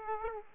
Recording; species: mosquito wingbeat signal from an infrared sensor; Aedes aegypti